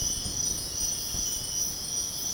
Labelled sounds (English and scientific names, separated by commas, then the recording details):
none
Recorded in pastures near Puerto Asís, Putumayo, Colombia, on 22 June 2025 at 05:00
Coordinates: 0.496, -76.326
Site GP01